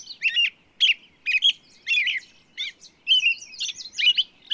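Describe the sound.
Bird song of short chirping phrases and clipped whistled notes, some sliding downward, delivered in an uneven quick sequence.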